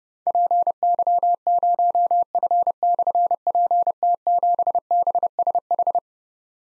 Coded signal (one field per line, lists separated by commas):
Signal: Morse code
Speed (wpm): 30 wpm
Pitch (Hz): 700 Hz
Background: none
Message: PY0F/PT7BSH